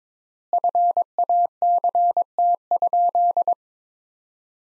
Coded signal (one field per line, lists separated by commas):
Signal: Morse code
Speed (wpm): 22 wpm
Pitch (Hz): 700 Hz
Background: none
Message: FACT?